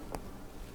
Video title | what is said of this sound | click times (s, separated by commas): Crystal Spiral Cascade Earrings | you can hear it click when you get it in there | 0.2 s